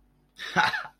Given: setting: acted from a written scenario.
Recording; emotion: vocal sound without words; amusement